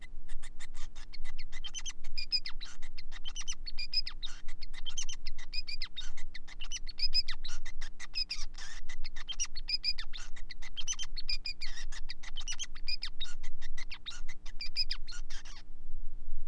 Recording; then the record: song of a male Bengalese finch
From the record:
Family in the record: son of father 5